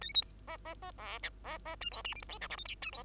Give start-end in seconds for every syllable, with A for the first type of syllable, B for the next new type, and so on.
0.01-0.13 A, 0.14-0.21 B, 0.22-0.34 C, 0.47-0.57 D, 0.65-0.74 D, 0.82-0.91 D, 0.98-1.19 E, 1.23-1.30 F, 1.44-1.58 E, 1.65-1.76 D, 1.81-1.90 G, 1.91-2.02 H, 2.04-2.14 I, 2.15-2.22 J, 2.22-2.29 K, 2.29-2.39 L, 2.40-2.48 M, 2.50-2.57 N, 2.57-2.64 O, 2.65-2.75 P, 2.82-2.91 G, 2.92-3.04 H